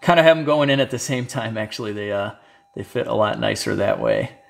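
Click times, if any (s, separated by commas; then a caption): none. A wiring harness connector for a C63 AMG is being handled near its mating socket while a man talks. Only speech is heard, with no click or impact. Nothing has seated or clicked yet.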